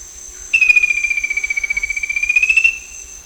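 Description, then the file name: Bird sounding one rapid pulsed trill of about two seconds that sags then lifts slightly, set against a continuous faint high-pitched hum. "SABIOD 50 bird 2015"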